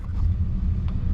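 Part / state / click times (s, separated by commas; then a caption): door lock on a train compartment door / not seated / none. A sleeper-train compartment door lock, which can be locked in two places but only from the inside, is being handled from inside the compartment to engage it. A steady low vehicle rumble fills the clip, with a brief faint sharper sound near 0.9 s. Nothing has seated or clicked yet; the clip ends just before the lock engages.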